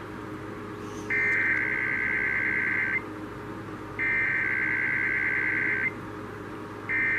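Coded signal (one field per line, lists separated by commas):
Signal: Emergency Alert System (SAME) tones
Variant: header bursts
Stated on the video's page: Required Monthly Test for the Denver area, interrupting a talk program on KOA radio.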